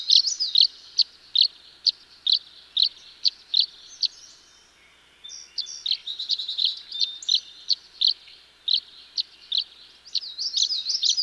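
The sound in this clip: Tree swallow chirping: rapid series of bright, slurred chirps, a brief pause near the middle, then denser twittering with downslurred notes.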